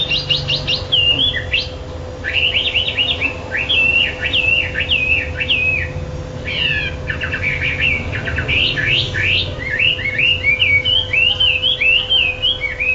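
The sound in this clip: Bird song, bright whistled phrases with quick rising and falling notes in repeated bursts, fast trills between, over a low steady hum.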